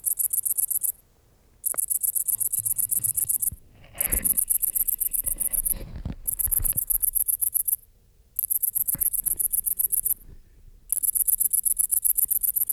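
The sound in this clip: Great green bush-cricket singing high, fast pulsed trills in bursts of one to two seconds with gaps, some knocks and rustling heard midway.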